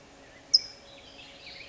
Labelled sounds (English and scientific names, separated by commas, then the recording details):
California Towhee (Melozone crissalis)
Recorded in Sonoma County, California